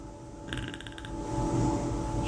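An adult woman asleep makes clicking and croaking noises in her throat, a rapid run of clicks followed by a low croak, likened to the sound of the creature in the movie Predator.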